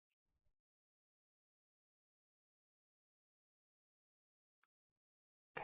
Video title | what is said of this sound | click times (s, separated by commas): RAZR 2024 Motherboard Swap Unlock! | Okay. Nice click. | 5.6 s